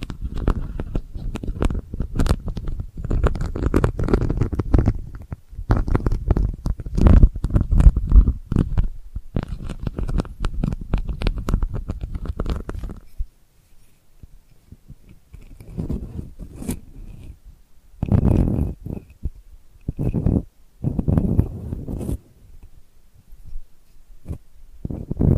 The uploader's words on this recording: ASMR Delicate Scratching for Sleep (No Talking).